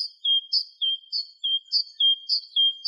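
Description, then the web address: Great tit song: a bright two-note phrase, high then lower, repeated briskly about every half second, clean with no other sounds. "Parus major"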